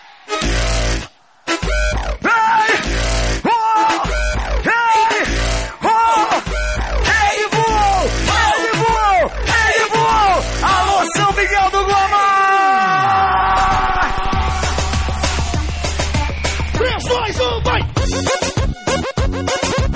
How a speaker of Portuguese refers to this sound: Mãozinha! Põe a mãozinha pra cima e grita.